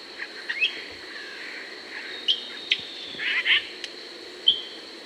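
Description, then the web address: Epaulet oriole calls: scattered short chips and sharp notes, some rising or falling, with a brief warbled burst near the middle, over a soft steady background hiss. Recorded in South America. "S America Epaulet Oriole (Icterus cayanensis)"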